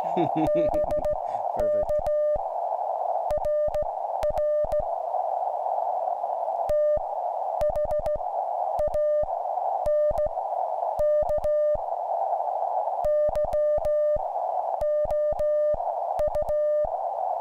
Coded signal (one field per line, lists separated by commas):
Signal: Morse code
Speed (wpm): 16 wpm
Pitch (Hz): 600 Hz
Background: speech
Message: BK RR THANK YOU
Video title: Should you build a QCX-mini? 🤔 | Becky Builds a QRP CW Radio